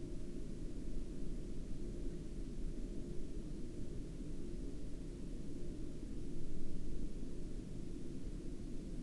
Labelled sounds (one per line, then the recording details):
man-made sound
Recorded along the Dalton Highway, Alaska, on 23 October 2019 at 20:02
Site 07